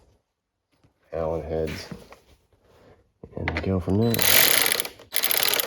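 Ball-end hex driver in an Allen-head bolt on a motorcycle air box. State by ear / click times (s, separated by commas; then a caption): stripped / 4.7 s, 5.2 s, 5.3 s, 5.5 s, 5.6 s. Someone talks while turning an Allen-head bolt on a KLR motorcycle air box with a ball-end hex driver. The bit slips in the bolt head with a series of sharp ratchet-like clicks at about 4.7, 4.7, 5.2, 5.3, 5.5 and 5.6 seconds. The bolt head is stripped because the ball-head style driver doesn't engage enough.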